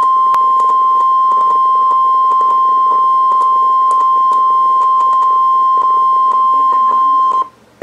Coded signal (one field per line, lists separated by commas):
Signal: Emergency Alert System (SAME) tones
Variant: 1050 Hz attention tone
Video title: NOAA - Real EAS #203